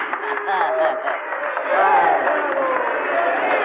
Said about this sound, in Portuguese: Palmas para o grande asno microinfame.